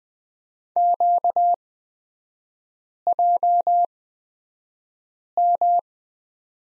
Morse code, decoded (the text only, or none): QJM